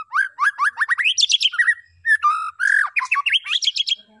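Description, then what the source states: White-rumped shama delivering a rapid series of upslurred whistles, then a dense high chatter and warbling phrases, almost without pause. Lure recording of a vigorously singing white-rumped shama (murai batu gacor), meant to provoke other birds into responding.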